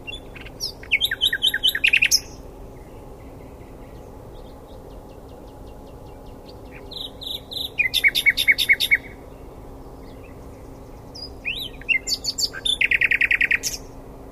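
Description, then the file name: Common nightingale singing in three separated phrases, each a burst of rapid, buzzy repeated notes with varied chirps, with pauses of a few seconds between them. "Luscinia megarhynchos"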